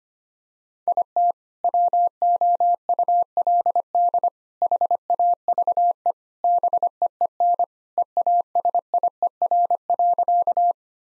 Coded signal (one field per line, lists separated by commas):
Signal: Morse code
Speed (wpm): 25 wpm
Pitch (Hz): 700 Hz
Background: none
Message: IT WOULD HAVE BEEN EASIER.